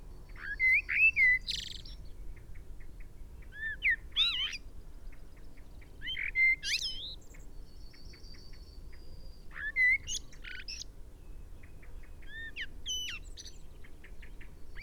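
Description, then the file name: Common blackbird song: mellow warbled phrases, each trailing into thin high twittering, repeated every few seconds over a quiet steady hum. "Turdus merula"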